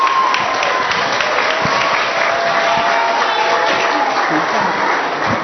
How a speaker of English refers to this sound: Give them a hand, a round of applause.